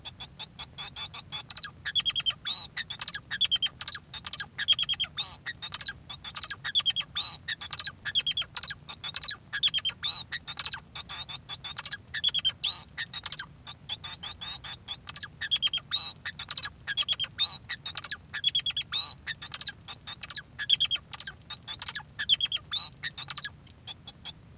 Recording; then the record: song of a male Bengalese finch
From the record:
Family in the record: son of father 2